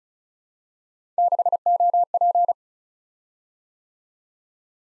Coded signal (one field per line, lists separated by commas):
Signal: Morse code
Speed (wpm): 36 wpm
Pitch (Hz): 700 Hz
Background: none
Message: 6OP